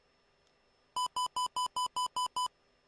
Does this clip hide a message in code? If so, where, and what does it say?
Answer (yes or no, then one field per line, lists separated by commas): no